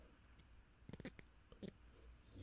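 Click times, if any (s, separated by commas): 0.9 s, 1.0 s, 1.1 s, 1.2 s, 1.6 s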